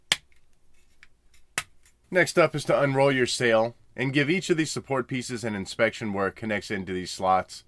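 Plastic sail support pieces for the HasLab Vintage Collection Jabba's Sail Barge are pressed into the toy mast slots, with sharp snaps at 0.1 s and 1.6 s as they seat. Someone then talks over the rest of the clip.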